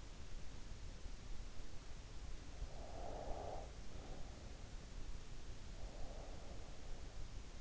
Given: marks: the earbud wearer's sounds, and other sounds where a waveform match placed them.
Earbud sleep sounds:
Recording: sounds in sleep by an in-ear microphone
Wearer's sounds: breath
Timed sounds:
2.67-4.93 s: breath
5.70-7.24 s: breath

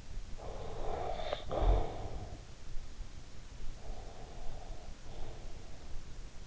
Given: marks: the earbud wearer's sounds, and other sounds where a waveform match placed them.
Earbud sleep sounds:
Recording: sounds in sleep by an in-ear microphone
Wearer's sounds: snoring breath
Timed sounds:
0.13-2.50 s: snoring breath

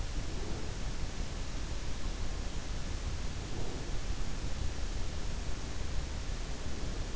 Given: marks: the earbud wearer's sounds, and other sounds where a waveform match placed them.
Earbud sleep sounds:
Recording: sounds in sleep by an in-ear microphone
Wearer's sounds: breath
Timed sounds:
0.13-0.84 s: breath
3.43-4.01 s: breath

